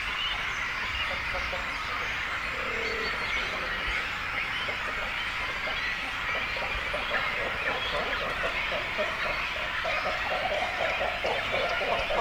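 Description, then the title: Cormorant chorus of repeated harsh, croaking calls from many birds, with a brief low moaning note early on and steady background noise. Breeding colony of cormorants with chicks, at Zemitz, Germany. "Zemitz, Deutschland - Kormorane brüten (mit Jungvögeln). breeding cormorants (with children)"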